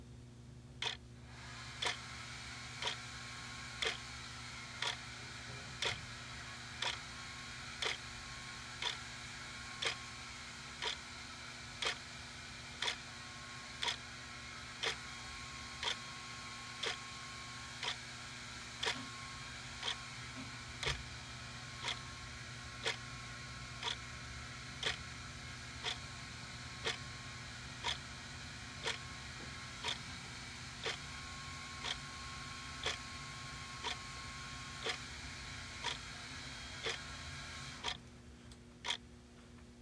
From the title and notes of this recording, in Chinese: 書桌時鐘滴答聲。夜深人靜躺在床上，房間裡迴盪的也是這個聲音。熱水器加熱聲。